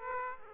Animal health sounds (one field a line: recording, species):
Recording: mosquito wingbeat signal from an infrared sensor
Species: Aedes aegypti